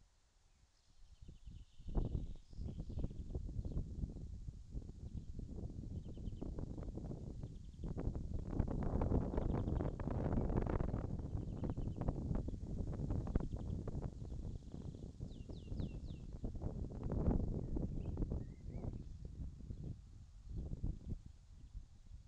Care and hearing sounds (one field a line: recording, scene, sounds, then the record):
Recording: everyday scene through a hearing-aid microphone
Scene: wind on the microphone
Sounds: wind, birds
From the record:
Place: in front of a rural house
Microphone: in the ear canal, left